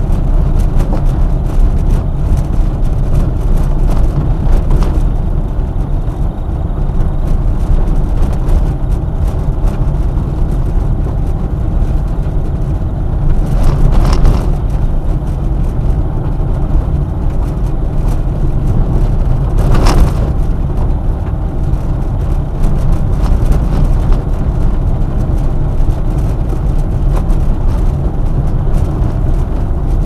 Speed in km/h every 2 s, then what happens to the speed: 31, 30, 33, 34, 34, 33, 32, 33, 33, 33, 33, 33, 33, 32, 30.
0-30 steady at about 33.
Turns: none.